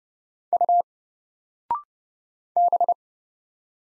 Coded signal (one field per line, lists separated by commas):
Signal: Morse code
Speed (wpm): 30 wpm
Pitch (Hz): 700 Hz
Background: none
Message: U B